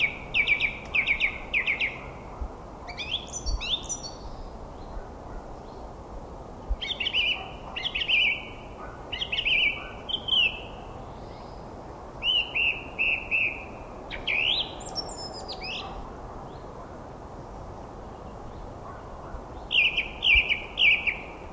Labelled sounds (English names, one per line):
Song Thrush song